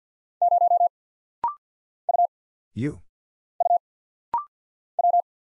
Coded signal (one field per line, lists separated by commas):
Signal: Morse code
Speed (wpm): 48 wpm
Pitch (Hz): 700 Hz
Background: none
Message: 0 U U W